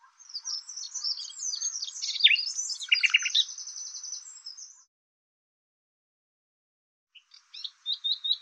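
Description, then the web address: Bird song: a long continuous phrase of high twittering and buzzy notes, silence, then a few short repeated chirps. "Deverinetal 2025"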